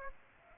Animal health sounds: mosquito wingbeat signal from an infrared sensor; Aedes aegypti

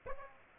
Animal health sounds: mosquito wingbeat signal from an infrared sensor; Aedes aegypti

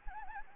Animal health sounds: mosquito wingbeat signal from an infrared sensor; Anopheles arabiensis

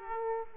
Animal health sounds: mosquito wingbeat signal from an infrared sensor; Aedes aegypti

